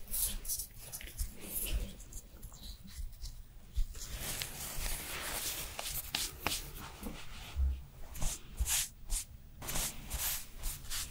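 Skincare routine sounds: irregular rubbing and brushing strokes with short bright hissy bursts, busiest toward the end, over a low steady hum.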